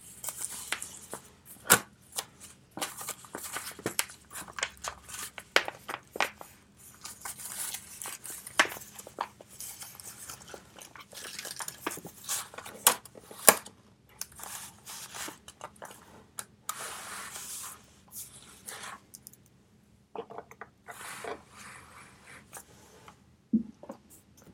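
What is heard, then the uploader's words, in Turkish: Pencil scratching and tapping while studying, with frequent short bright strokes and scribbles over a steady low hum, pausing briefly near twenty seconds. Sessiz odada 25 dakika boyunca kurşun kalem ile ders çalışma; ortam sesleri, beyaz gürültü alt yapısı, kurşun kalem.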